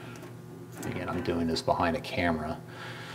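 Someone talks while the small plastic pins of a drink vending machine's selection button assembly are being fitted into its mounting bracket. Only speech and faint background noise are heard. Nothing has seated or clicked yet.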